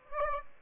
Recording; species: mosquito wingbeat signal from an infrared sensor; Aedes aegypti